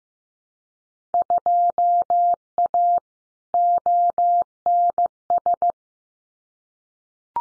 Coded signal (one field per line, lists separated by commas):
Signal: Morse code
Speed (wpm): 15 wpm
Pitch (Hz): 700 Hz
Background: none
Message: 2A ONS